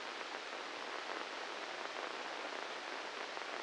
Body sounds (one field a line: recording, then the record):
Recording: brain microelectrode recording played as sound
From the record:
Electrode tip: inside the subthalamic nucleus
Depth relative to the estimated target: -3 mm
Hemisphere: left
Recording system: NeuroSet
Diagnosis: Parkinson's disease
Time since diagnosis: 10 years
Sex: male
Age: 56 years